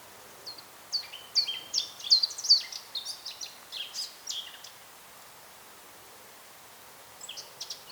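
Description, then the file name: Eurasian blackcap singing a rapid, varied warble of high chirps and short whistles for about four seconds, then a few quieter notes near the end. "Sylvia atricapilla"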